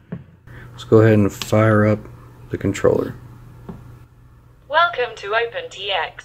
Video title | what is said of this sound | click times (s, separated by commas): Placing sound and content files on SD card for frsky Taranis QX7 | we're gonna slip our SD card right back into the transmitter making sure that we get the click sound | 0.1 s